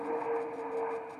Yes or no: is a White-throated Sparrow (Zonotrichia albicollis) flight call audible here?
no